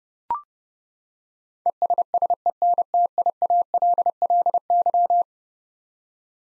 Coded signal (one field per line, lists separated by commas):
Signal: Morse code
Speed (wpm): 30 wpm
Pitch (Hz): 700 Hz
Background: none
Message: ESSENTIALLY